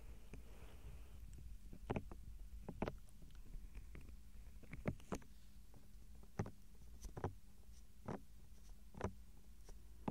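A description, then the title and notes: Soft ear touching and gentle mouth sounds: quiet clicks and brushes every second or so over a low, steady hum. ASMR Tingles Overload SOFT Ear Touching & GENTLE Mouth Sounds For Sleep.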